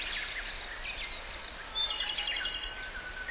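Pale-legged warbler calling with brief high chirps repeated irregularly, thin and sharp, over a constant hissing background.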